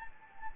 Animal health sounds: mosquito wingbeat signal from an infrared sensor; Anopheles gambiae

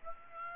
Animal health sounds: mosquito wingbeat signal from an infrared sensor; Aedes aegypti

